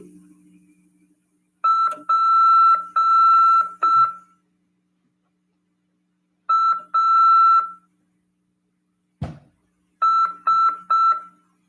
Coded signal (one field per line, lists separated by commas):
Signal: Morse code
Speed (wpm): 5 wpm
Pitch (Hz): 1340 Hz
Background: none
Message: PAS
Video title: RADIOAMADOR 1ªEd. 2/2/2023 "AULA 12 CW, LEGIS e C.RODADA" FM 146.410 Mhz. PY2EXU PAULO SP/SP CRASP.